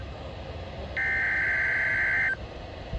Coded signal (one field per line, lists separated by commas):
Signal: Emergency Alert System (SAME) tones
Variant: header bursts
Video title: (ARCHIVED) Weekly Test then an Amber alert! (EAS #71 -72)